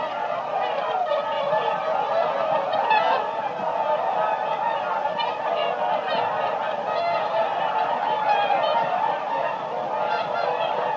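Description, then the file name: Whooper swans in chorus, steady overlapping honking and constant group chatter. "audio hero Bird Whooper Swan"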